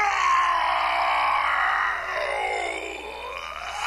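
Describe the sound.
A voice imitates an angry ogre, letting out a long, strained roar that holds steady and loud, then dips and wavers lower toward the end.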